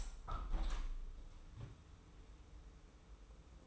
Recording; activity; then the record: daily activity, microphone in the room; open window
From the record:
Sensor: 1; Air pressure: 991.3 hPa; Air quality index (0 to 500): 102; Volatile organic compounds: 67 ppm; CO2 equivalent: 3486 ppm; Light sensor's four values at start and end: 36/115/45/47 and 37/117/46/48